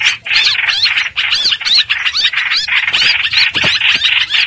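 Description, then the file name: Streak-eared bulbul uttering grating, squawky chatter, notes run together into an agitated, nearly continuous stream. Distress call, given to call the flock. "Tieng chim trao trao keu cuu goi bay"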